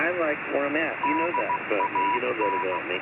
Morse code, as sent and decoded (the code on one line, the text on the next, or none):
-.. .- -.
DAN